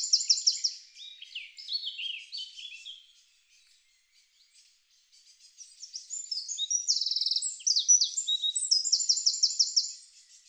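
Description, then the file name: Eurasian wren delivering two energetic song bursts of high, rapid notes and dry trills, separated by a brief quiet gap. "Troglodytes troglodytes"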